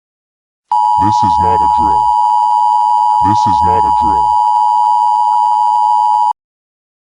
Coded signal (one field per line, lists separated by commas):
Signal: Emergency Alert System (SAME) tones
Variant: 853 and 960 Hz attention tone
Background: speech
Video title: EAS SCENARIO "it